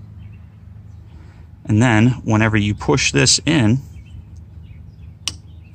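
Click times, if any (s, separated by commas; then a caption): 5.3 s. Someone talks while pushing a plastic fuel-line quick connect onto the metal fuel line barrel during an E85 sensor install on a 2016+ Camaro 2.0T. A single sharp click sounds at 5.3 s as the spring tabs catch behind the ring, and the quick connect is seated.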